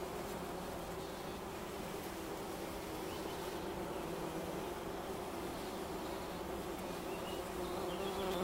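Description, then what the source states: Bumblebee humming in a low steady drone, with a gentle wash of background noise throughout. Bumblebee buzzing recorded in Wülfel, Hannover, Germany.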